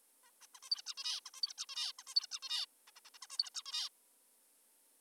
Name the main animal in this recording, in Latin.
Taeniopygia guttata